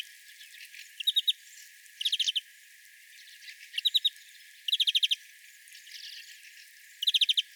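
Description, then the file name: European greenfinch: chattering trills, each a fast run of several clipped notes, coming at irregular intervals with soft twitters in between. "Chloris chloris"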